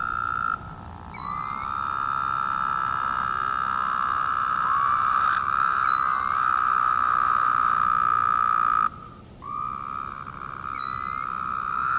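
Woodhouse's toads giving sustained buzzy droning calls that overlap into a near-continuous chorus, with a brief gap near the end and sharp high chirps every few seconds.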